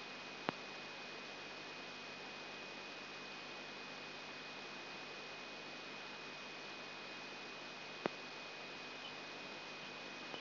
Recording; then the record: brain microelectrode recording played as sound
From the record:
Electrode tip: outside the subthalamic nucleus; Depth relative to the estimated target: -3 mm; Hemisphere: right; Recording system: AlphaMap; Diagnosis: Parkinson's disease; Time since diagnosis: 8 years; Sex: female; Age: 37 years